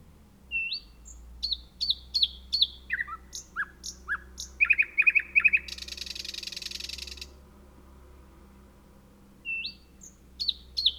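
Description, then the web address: Thrush nightingale singing varied phrases of sharp high clicks and slurred whistles, a quick rattled burst, then a dry buzzy rattle lasting over a second before whistles resume. Recorded on 3 June 2016. "fagelljud 20160603 naktergal"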